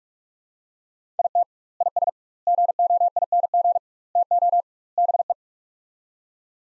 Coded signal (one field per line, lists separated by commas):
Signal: Morse code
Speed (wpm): 43 wpm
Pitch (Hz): 700 Hz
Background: none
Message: IT IS GOING TO BE